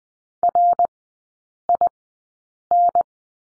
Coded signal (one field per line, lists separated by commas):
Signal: Morse code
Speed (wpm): 20 wpm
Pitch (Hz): 700 Hz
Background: none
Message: RIN